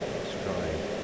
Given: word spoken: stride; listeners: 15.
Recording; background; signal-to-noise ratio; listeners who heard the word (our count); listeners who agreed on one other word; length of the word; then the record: one English word in noise, from a listening test; speech-shaped noise; -4.1 dB; 3 of 15; 8 of 15; 0.64 s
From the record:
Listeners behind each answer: 8, 3, 1, 1, 1, 1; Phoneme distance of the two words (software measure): 10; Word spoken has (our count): 1 syllable, 5 phonemes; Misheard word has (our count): 1 syllable, 5 phonemes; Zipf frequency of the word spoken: 3.86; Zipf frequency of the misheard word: 3.34